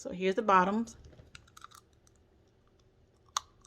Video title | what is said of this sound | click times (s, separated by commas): I can smile y’all!🥳 | They pop right in, they snap right in. | 3.4 s